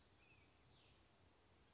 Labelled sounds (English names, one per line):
Western Flycatcher